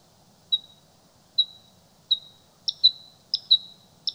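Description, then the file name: Bluethroat: spaced, clear ringing notes, then a few quicker doubled notes. "Blauwborst"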